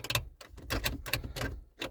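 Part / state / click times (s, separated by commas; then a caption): radio removal key into car head unit slot / not seated / none. A metal radio removal key is being pushed into one of the four slots in a car head unit, with the curved half toward the middle of the unit and the straight edge toward the outside. Short metallic scrapes and taps come in bursts as the key slides in, but nothing has seated or clicked yet.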